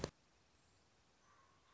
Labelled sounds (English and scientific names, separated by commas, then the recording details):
Common Raven (Corvus corax)
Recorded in Sonoma County, California